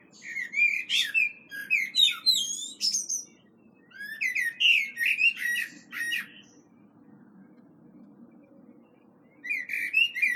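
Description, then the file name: Common blackbird: three bouts of fast, high, squeaky chattering notes separated by pauses. "Turdus merula"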